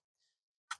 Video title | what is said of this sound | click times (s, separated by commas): 2023 Toyota Sequoia In-Depth Walkaround - Williams Toyota of Binghamton | but it snaps back in place this is also used to recline | 0.7 s